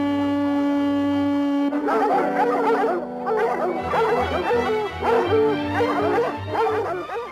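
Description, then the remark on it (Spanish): A pack of raccoon-hunting hounds bays and barks over a steady low hum, their overlapping howls rising and falling in long, wavering cries with a few yips mixed in. “Son, por lo general, agricultores que les gusta criar y adiestrar a sus perros y luego sentarse en el bosque a charlar mientras estos trabajan.”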